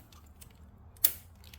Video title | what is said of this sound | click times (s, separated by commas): Ford Focus oil leak expensive misdiagnosis!! | Make sure you hear the snap. | 1.0 s